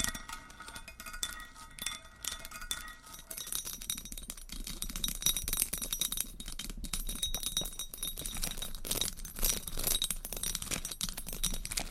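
Scratching and tapping triggers fill the recording with a dense run of quick, crisp clicks and scrapes, bright and slightly glassy, like nails on a hard surface. The first few seconds are sparser; from about four seconds the taps pack tighter and stay busy to the end.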